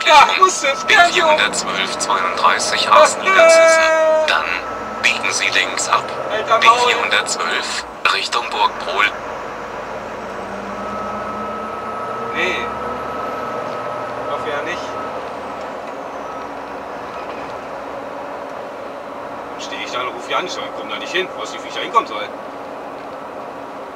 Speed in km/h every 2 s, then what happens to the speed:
12, 16, 26, 30, 35, 44, 51, 53, 53, 53, 54, 52.
0-13 speeds up to 53. 13-24 steady at about 53.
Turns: none.